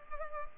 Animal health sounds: mosquito wingbeat signal from an infrared sensor; Culex pipiens

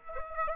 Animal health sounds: mosquito wingbeat signal from an infrared sensor; Aedes aegypti

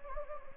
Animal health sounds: mosquito wingbeat signal from an infrared sensor; Anopheles gambiae

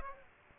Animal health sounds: mosquito wingbeat signal from an infrared sensor; Aedes aegypti

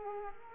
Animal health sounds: mosquito wingbeat signal from an infrared sensor; Culex quinquefasciatus

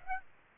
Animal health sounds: mosquito wingbeat signal from an infrared sensor; Aedes aegypti

